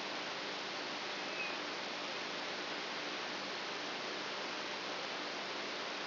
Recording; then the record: brain microelectrode recording played as sound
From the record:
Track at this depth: outside the subthalamic nucleus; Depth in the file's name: 6.64 mm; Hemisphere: right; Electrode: 2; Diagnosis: Parkinson's disease